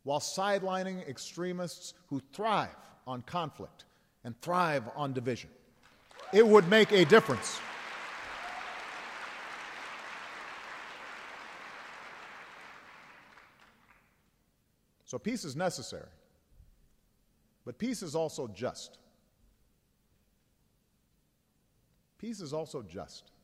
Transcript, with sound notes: while sidelining extremists who thrive on conflict and thrive on division. It would make a difference. (Applause.) So peace is necessary. But peace is also just. Peace is also just.